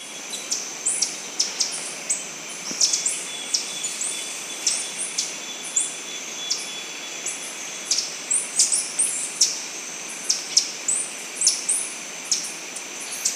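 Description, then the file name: Bird calls: short, thin, very high chirps, many falling or briefly rising, given in quick irregular bursts of two or three, over a steady background hiss. "SABIOD bird 2015"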